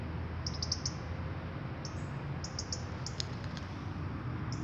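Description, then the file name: European robin producing a fast series of sharp high ticks, then another run after a short gap, with low rumbling noise beneath. "Erithacus rubecula"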